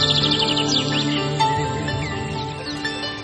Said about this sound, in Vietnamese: Sáng nay ta thiền hành, sương mù còn long lanh, ríu rít lời chim ca, từng bước trong an lành.